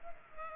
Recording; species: mosquito wingbeat signal from an infrared sensor; Culex pipiens